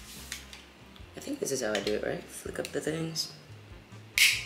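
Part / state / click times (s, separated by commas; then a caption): retaining tab on the back of a picture frame / released / 4.2 s. A metal retaining tab on the back of a picture frame is flicked up to open the frame while someone talks. One loud, sharp snap comes at 4.2 s. It seems to break at first, but it turns out the tab just snapped into place in the raised position.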